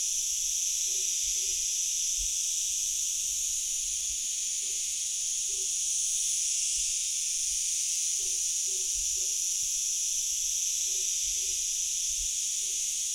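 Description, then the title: Cicadas in a dense chorus, a steady unbroken high hiss without pauses, with faint low thumps and soft short mid-pitched calls scattered beneath. Hundreds of cicadas near Pocinho on the Douro River, Portugal; part of a Douro River sound map. "Cigarras no Pocinho"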